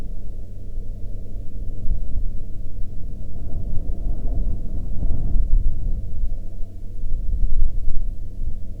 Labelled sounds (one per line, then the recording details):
aircraft
weather or water
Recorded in the Prudhoe Bay oil fields, Alaska, on 30 July 2019 at 07:39
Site 14